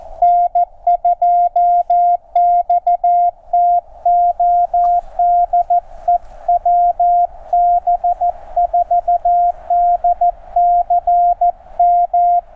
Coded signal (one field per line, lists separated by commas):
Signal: Morse code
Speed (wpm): 14 wpm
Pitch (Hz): 700 Hz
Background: none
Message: N2XTO DE WB4DCM